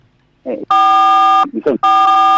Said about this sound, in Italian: Sento dei suoni del telefono che però sono anche simpatici, qui stanno ridendo perché almeno facciamo anche dei suoni oltre alle parole.